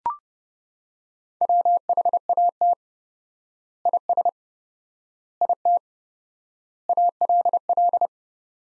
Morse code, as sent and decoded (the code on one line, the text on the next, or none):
.-- .... .- - / .. ... / .. - / .- .-.. .-..
WHAT IS IT ALL